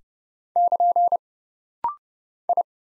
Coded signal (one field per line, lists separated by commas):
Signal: Morse code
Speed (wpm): 29 wpm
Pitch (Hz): 700 Hz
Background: none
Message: <KN> I